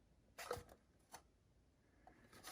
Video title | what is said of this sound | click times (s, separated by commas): Roborock Q5+ Robot Vacuum w/ Self Empty Bin - Unboxing INFO & Review Soon | and easy, pops right in. | 0.5 s